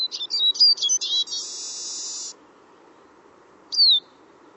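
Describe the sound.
Bird calls: a quick jumble of high squeaky notes leading into a buzzy rasp, then a pause and a single high down-slurred whistle.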